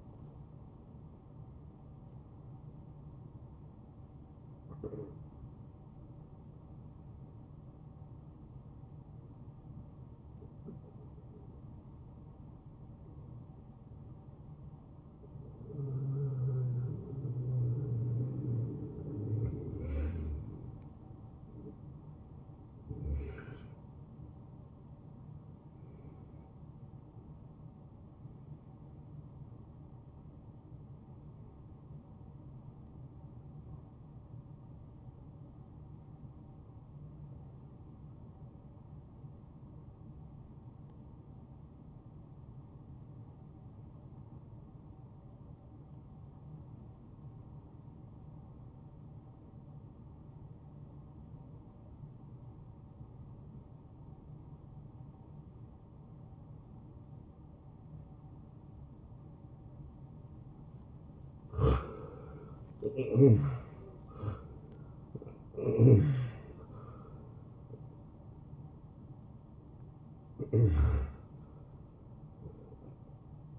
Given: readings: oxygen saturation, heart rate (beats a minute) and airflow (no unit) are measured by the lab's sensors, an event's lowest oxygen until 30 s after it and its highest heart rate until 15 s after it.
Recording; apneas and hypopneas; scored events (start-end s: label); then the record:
breathing in sleep by a smartphone at the bedside; 1
29.00-61.20 s: hypopnea (N1, oxygen 97% highest, then 79% lowest)
51.00-73.59 s: new sleep stage, N2 (light sleep)
From the record:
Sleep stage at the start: N1 (lightest sleep); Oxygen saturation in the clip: 71 to 97%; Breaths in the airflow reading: 11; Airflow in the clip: -21.5 to 10.9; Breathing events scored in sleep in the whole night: 263 in 5.5 hours asleep